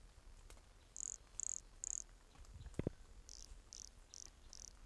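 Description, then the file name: Pumpkin toadlet: three bright high buzzy notes, a brief low knock, then four softer matching notes at a steady pace. Recorded at Entroncamento, Teba, in January 2020, with the animal 20 cm from the microphone. "MHNCI Brachycephalus sulfuratus Entroncamento Teba 20 cm from microphone LFR JAN-2020"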